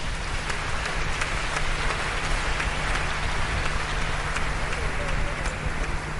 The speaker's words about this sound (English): Now somebody clap your hands for Jesus.